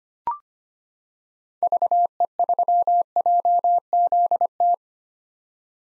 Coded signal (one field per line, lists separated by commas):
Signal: Morse code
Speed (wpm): 25 wpm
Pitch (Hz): 700 Hz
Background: none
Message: VE3JZT